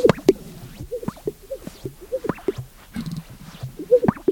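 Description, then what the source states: Greater Sage-Grouse display sounds: irregular soft pops and gurgling bubbly notes with brief swishing strokes, repeated in short bursts throughout. Males displaying on a lek for observing females, scraping wings against flanks, expelling air from twin chest sacs and calling softly; sound combines swishing, popping and cooing.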